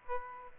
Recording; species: mosquito wingbeat signal from an infrared sensor; Aedes aegypti